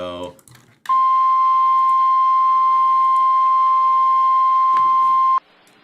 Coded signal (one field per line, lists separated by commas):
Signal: Emergency Alert System (SAME) tones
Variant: 1050 Hz attention tone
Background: speech